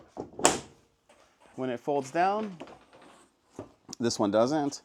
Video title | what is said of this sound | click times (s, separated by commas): Ford Truck Upgrade - Getting Ready for Camping and Kayaking #ford#fordtruck | folds down and it snaps into place | 0.5 s